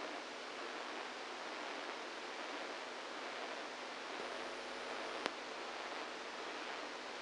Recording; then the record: brain microelectrode recording played as sound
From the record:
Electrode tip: inside the subthalamic nucleus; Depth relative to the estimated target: -3 mm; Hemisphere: right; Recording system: NeuroSet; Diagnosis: Parkinson's disease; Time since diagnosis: 27 years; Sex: male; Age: 62 years